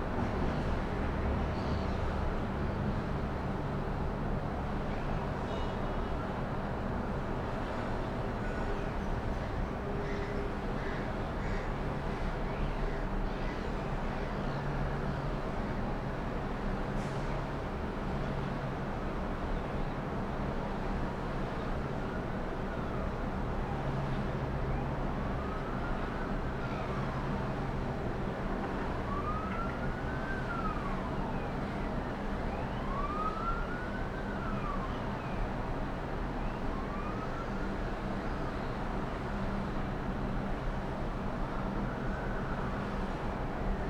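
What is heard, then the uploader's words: Melbourne's Docklands heard from 29 floors up in the early evening: a steady, dense city rumble of traffic that barely changes. From about 25 to 38 seconds a siren rises and falls in repeated sweeps above the hum, then fades. Melbourne City early evening sounds from 29 floors above the ground. It's recorded using two microphones placed as if they were human ears. Today, a city soundscape from the 29th floor overlookingh the Docklands area.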